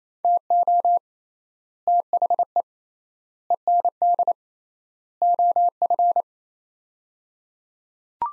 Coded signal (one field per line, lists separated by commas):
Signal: Morse code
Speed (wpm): 28 wpm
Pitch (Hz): 700 Hz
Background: none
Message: TO THE END OF